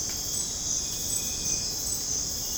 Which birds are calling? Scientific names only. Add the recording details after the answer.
none. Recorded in dense forest near Puerto Asís, Putumayo, Colombia, on 30 June 2025 at 03:30. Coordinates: 0.486, -76.317. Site G065